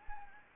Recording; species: mosquito wingbeat signal from an infrared sensor; Anopheles gambiae